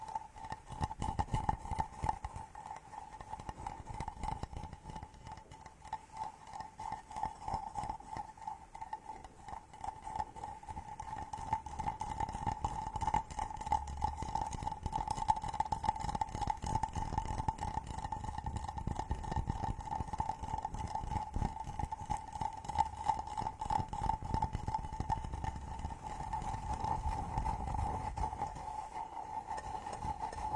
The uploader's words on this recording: The massage SPA with ASMR wood products provides ultimate numbness, comfort and relaxation.